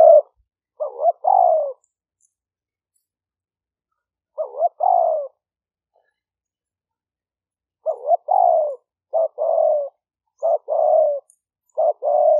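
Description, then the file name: Spotted dove cooing in hollow multi-note phrases, several phrases separated by irregular silent pauses; no other sounds. Call style named '5 hậu' in Vietnamese. "tieng-cu-gay-5-hau"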